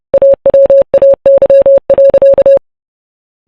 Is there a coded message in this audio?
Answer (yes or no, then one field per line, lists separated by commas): yes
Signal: Morse code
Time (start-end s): 0.1-2.6 s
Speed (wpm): 29 wpm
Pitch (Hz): 550 Hz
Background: none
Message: AWAY.